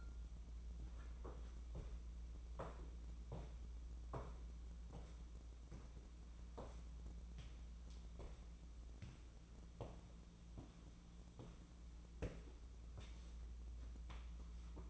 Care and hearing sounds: daily activity, microphone in the room; walk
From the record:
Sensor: 1

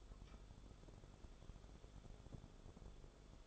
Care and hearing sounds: daily activity, microphone in the room; take from stove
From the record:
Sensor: 5

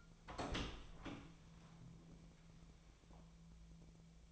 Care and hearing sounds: daily activity, microphone in the room; open door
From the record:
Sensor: 1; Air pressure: 1000.6 hPa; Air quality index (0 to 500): 185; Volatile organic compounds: 5 ppm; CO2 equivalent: 1709 ppm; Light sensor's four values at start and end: 11/27/11/13 and 12/28/11/13

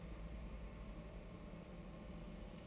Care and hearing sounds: daily activity, microphone in the room; take from stove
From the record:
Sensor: 1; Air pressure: 992.0 hPa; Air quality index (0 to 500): 217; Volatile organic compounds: 1000 ppm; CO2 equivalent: 8443 ppm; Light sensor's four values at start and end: 21/74/29/29 and 21/74/29/29

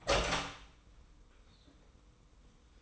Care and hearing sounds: daily activity, microphone in the room; open door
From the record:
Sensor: 1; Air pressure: 990.4 hPa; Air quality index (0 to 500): 152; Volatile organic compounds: 1000 ppm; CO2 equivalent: 5514 ppm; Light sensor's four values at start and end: 33/74/32/35 and 32/74/32/34

